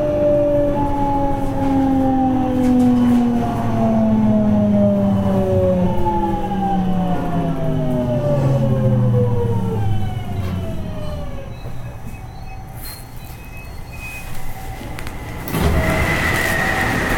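A 207 series electric train running on the JR Kobe Line, its motor whine sliding steadily downward in several layered tones as it slows, over a low rumble. After about twelve seconds the whine fades into rough rolling noise, with a sharp clunk near fifteen seconds.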